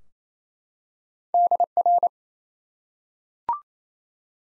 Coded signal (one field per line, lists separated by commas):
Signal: Morse code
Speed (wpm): 28 wpm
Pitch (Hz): 700 Hz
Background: none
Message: DR